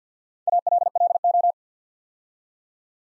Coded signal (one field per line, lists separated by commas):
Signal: Morse code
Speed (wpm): 48 wpm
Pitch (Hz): 700 Hz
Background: none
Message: ALLO